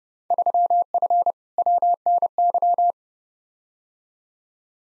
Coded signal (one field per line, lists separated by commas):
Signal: Morse code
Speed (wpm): 32 wpm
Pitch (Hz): 700 Hz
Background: none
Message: 3F WNY